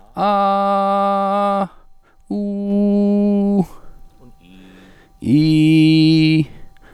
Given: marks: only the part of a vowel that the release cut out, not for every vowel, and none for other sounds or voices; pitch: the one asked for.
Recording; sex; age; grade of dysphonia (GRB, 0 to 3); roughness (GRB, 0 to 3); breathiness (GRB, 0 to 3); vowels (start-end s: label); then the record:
sustained vowels; male; 40 to 49 years; 1; 0; 0
0.26-1.54 s: vowel /a/, high pitch
2.36-3.55 s: vowel /u/, high pitch
5.35-6.29 s: vowel /i/, low pitch
From the record:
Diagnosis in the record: healthy voice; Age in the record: 41 years